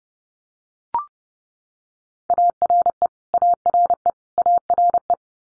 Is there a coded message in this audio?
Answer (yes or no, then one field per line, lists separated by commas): yes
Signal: Morse code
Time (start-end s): 2.3-5.1 s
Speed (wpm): 30 wpm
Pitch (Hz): 700 Hz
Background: none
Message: ARE ARE ARE